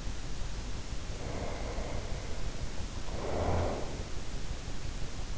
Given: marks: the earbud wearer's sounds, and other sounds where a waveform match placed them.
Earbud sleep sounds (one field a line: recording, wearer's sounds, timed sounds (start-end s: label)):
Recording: sounds in sleep by an in-ear microphone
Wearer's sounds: breath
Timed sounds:
0.89-4.24 s: breath